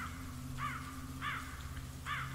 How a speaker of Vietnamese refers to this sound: Từ trên những cành cây cao, mấy con quạ đen thình lình vỗ cánh bay vút, kêu lên những tiếng thê thiết.